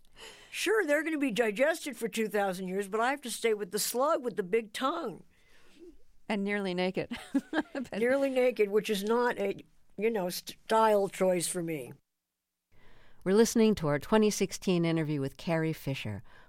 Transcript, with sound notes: Sure, they're going to be digested for 2,000 years, but I have to stay with the slug with the big tongue.
And nearly naked (laughter).
Nearly naked which is not a, you know, style choice for me.
We're listening to our 2016 interview with Carrie Fisher.